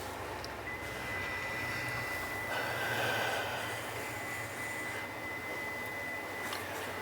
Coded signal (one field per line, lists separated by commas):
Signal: FT8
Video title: W9W FT8 Operating